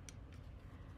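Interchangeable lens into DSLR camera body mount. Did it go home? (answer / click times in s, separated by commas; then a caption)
yes / 0.1 s. An interchangeable lens, aligned with the mount index, is twisted onto the body mount of a Canon Rebel T8i DSLR until it locks, with a sharp, brief click at 0.1 s. A softer, longer tick follows at 0.3 s over a steady low hum, and the lens is seated.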